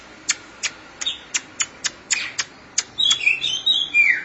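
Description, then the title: Oriental magpie-robin song: a run of sharp ticking clicks about four a second, then a high, varied warbling phrase with a falling whistle. "Suara Kicauan Burung Kacer Durasi Panjang"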